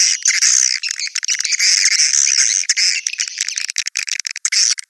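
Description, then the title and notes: Swiftlet chirps, a loud high buzzy chatter in uneven bursts that becomes more broken toward the end. Used in swiftlet farming, Asia. "Swiflet Bird Sound. Farming Swiflet Bird asia sound"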